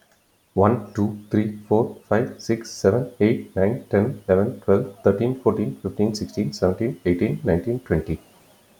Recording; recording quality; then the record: counting at a fast pace; excellent, no background noise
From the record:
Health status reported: recovered from COVID-19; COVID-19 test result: negative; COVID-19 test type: RT-PCR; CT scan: taken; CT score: 5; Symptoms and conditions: none ticked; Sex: male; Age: 49 years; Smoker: no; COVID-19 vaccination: both doses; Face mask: not worn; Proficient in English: yes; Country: India